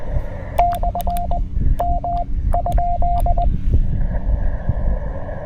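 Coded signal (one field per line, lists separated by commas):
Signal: Morse code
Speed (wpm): 20 wpm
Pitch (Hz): 690 Hz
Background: none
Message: / M ?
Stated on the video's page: QRP CW park activation from Great Seal State Park, using a Penntek TR-45L Skinny, paddles and a homebrew 40m EFHW.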